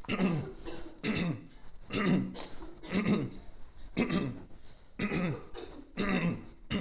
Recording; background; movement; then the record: throat clearing; a bystander coughing; walking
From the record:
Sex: male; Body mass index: 22.0 kg/m2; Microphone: on the chest, facing outward